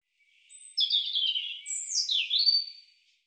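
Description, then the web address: European robin song: a soft thin lead-in, then a cascading phrase of high notes that swoops down and back up in a smooth, silvery flourish. "cianscape birddata Deverinetal Bird Er Ru"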